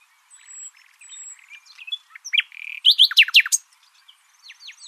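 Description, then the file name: Common nightingale song: soft buzzy notes and high whistles building into a short loud burst of sweeping notes. "Luscinia megarhynchos"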